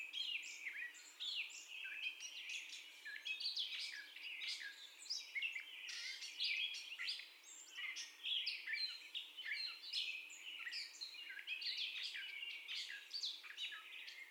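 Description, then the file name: Gray catbird song, a steady rambling run of squeaky, scratchy and slurred high notes with barely any pause, phrases jumbled and varied throughout. First song, recorded 30 May 2021 at 04:48. "2021-05-30 Catbird First Song"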